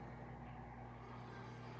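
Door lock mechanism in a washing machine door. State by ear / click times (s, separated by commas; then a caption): not seated / none. A washing machine door lock mechanism with a newly fitted door-lock motor is handled, and the part has not yet locked or seated, so no clunk is heard. The clip carries only a steady, low rumbling hum with no sudden sounds.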